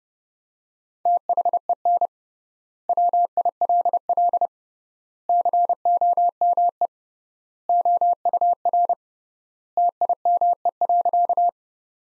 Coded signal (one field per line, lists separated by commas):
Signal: Morse code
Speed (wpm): 30 wpm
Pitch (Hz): 700 Hz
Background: none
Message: THEN WILL COME OUR TIME.